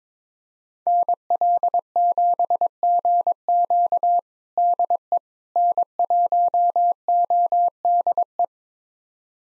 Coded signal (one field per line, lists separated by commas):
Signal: Morse code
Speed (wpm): 21 wpm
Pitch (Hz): 700 Hz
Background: none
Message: NL7GQ DE N1ODE